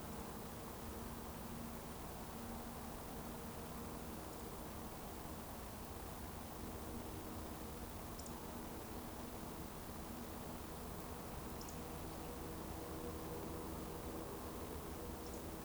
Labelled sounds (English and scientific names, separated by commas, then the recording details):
Eurasian Woodcock (Scolopax rusticola) whistle
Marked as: whistle, whistle, whistle, whistle, whistle
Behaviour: display flight
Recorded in Baden-Württemberg, Germany, on 24 June 2020 at 20:18 UTC
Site 14569, 102 m above sea level